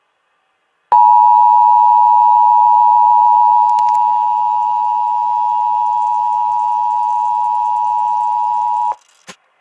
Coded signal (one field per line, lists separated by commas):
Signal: Emergency Alert System (SAME) tones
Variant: 853 and 960 Hz attention tone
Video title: Southeast Michigan Required Monthly Test on WTVS-DT (EAS #979)